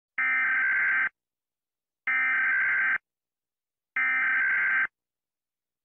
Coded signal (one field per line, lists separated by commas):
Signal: Emergency Alert System (SAME) tones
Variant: header bursts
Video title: Montserrat EAS alarm (1932)